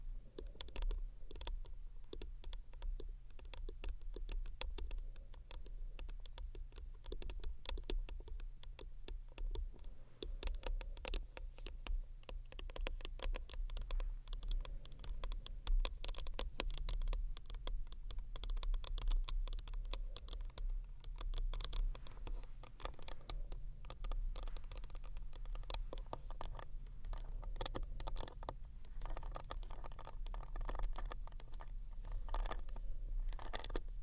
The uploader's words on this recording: ASMR Tiny Bottles Vs Textured Bag Which One You Choose（No Talking）.